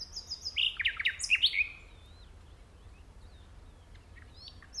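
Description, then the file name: Common nightingale song: a short burst of mixed chirps and slurred notes in the first two seconds, then near quiet with faint scattered notes. "Luscinia megarhynchos"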